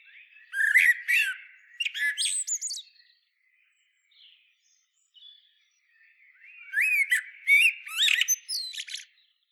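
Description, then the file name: Common blackbird song: two fluty warbled phrases mixed with thin, high squeaky twitters, separated by a quiet gap of a few seconds. "Turdus merula"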